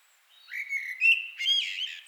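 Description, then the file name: Common blackbird song phrase: a rising, mellow fluted whistle in two swelling parts, ending in a brief scratchy high flourish. "Turdus merula"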